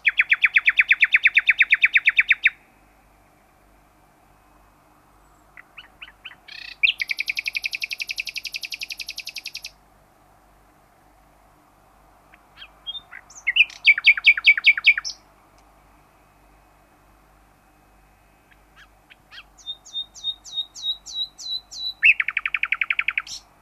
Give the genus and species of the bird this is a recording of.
Luscinia megarhynchos